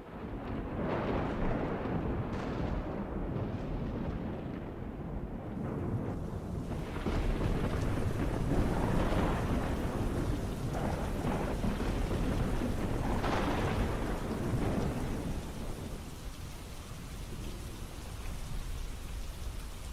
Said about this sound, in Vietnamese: Đột nhiên một tiếng sét nổ đánh đùng, cả hai ông cháu giật thót cả mình. Trời ngoài kia bắt đầu đổ mưa.